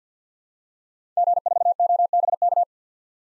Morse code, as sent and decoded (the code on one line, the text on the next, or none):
--. ....- --- -... -.-
G4OBK